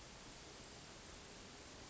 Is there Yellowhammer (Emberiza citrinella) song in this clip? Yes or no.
no